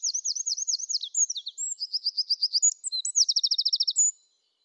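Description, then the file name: Eurasian wren song, loud and very fast: high twittering phrases and buzzy rattles in quick succession, closing with a steady rapid trill, then silence. "Troglodytes troglodytes"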